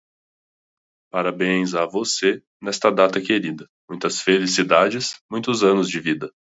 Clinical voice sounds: short text; Brazilian Portuguese; male; 20 to 29 years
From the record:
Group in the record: control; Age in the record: 25 years

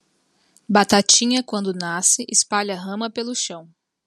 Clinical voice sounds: short text; Brazilian Portuguese; female; 20 to 29 years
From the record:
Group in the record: control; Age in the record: 24 years

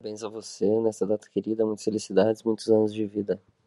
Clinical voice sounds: short text; Brazilian Portuguese; male; 20 to 29 years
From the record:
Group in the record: control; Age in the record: 25 years

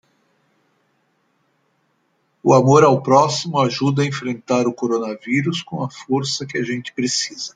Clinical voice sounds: spoken sentence; Brazilian Portuguese; female; 60 to 69 years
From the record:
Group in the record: control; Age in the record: 61 years

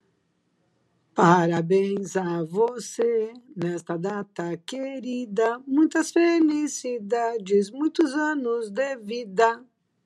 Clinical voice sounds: short text; Brazilian Portuguese; female; 60 to 69 years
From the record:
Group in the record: control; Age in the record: 62 years

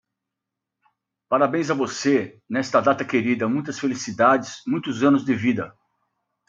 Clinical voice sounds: short text; Brazilian Portuguese; female; 50 to 59 years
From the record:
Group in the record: control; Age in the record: 53 years

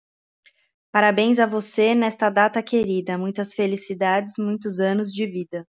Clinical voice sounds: short text; Brazilian Portuguese; female; 30 to 39 years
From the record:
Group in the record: control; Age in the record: 35 years

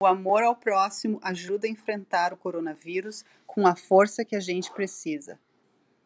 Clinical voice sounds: spoken sentence; Brazilian Portuguese; female; 40 to 49 years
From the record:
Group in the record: control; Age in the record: 49 years

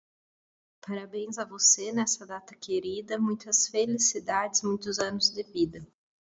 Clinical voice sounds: short text; Brazilian Portuguese; female; 30 to 39 years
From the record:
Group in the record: control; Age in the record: 30 years

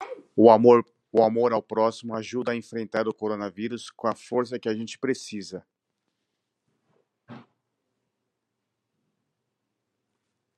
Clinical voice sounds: spoken sentence; Brazilian Portuguese; male; 40 to 49 years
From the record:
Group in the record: control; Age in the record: 46 years

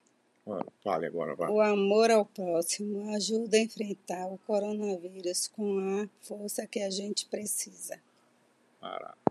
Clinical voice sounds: spoken sentence; Brazilian Portuguese; male; 60 to 69 years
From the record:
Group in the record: control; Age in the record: 61 years

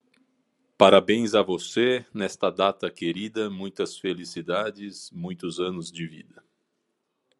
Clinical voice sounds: short text; Brazilian Portuguese; male; 50 to 59 years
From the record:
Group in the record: control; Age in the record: 50 years

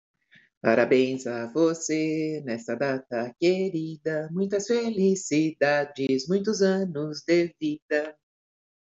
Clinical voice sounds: short text; Brazilian Portuguese; female; 60 to 69 years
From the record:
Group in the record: control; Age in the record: 65 years

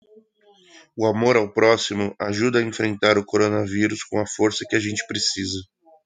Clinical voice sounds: spoken sentence; Brazilian Portuguese; male; 30 to 39 years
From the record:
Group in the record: control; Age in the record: 32 years

